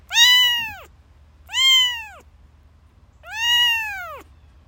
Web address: kitten sound